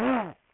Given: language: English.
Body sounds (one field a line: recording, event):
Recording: throat vibration sensor signal played as sound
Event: throat clearing